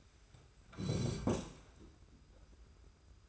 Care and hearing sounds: daily activity, microphone in the room; sit down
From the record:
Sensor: 2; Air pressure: 991.5 hPa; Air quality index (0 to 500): 181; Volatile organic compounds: 1000 ppm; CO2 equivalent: 5866 ppm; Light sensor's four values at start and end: 26/81/32/30 and 28/88/34/32

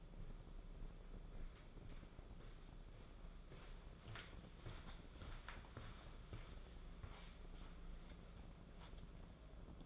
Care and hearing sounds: daily activity, microphone in the room; walk to room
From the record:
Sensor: 5

